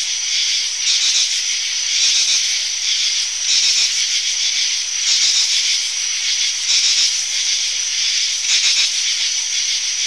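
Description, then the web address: Insects in a loud, hissing buzz chorus that swells and fades repeatedly. Summer insect sounds. "animals bugs-summer"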